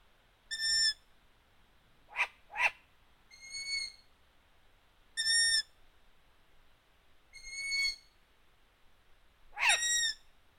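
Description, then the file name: Long-eared owl giving high squeaky calls with bright overtones, interspersed with harsh downward-sweeping squeals, about seven calls in uneven spacing over a quiet background. Owl calls at Marbach, Riesandshöhle. "Waldohreule Marbach Riesandshohle"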